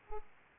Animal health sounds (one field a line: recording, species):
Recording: mosquito wingbeat signal from an infrared sensor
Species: Aedes aegypti